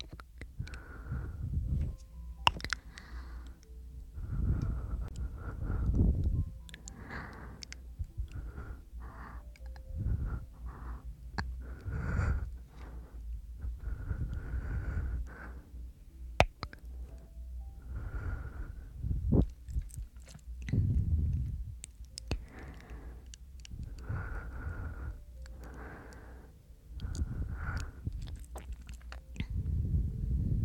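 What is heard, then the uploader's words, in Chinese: Pure breathing sounds, with slow repeated breaths rising and falling every few seconds, each a soft low rush with some airy hiss. The breaths vary in strength, and a few sharp clicks and small snorts break in now and then. 纯呼吸声asmr。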